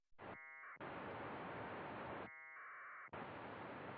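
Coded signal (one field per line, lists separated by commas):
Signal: packet radio (AX.25, as in APRS)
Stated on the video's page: VHF packet at AFSK AX.25 1200 baud generated by the SoundModem software TNC for Winlink Express.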